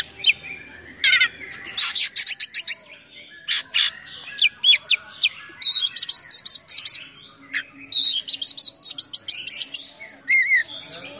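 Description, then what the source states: Oriental magpie-robin delivering a busy mix of whistles, buzzy rattles and rapid repeated ticking series, varied phrases following each other closely. Kacer in full 'gacor' song with 'full isian mewah' imitations.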